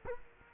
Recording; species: mosquito wingbeat signal from an infrared sensor; Culex quinquefasciatus